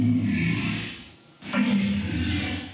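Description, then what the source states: Walrus bellowing: two deep, rough, roaring blasts separated by a brief pause, heavy in low rumble with a noisy hiss on top. Low-frequency walrus sound used by sound designer Gary Rydstrom, mixed with a baby dolphin, to create the velociraptor scream in Jurassic Park.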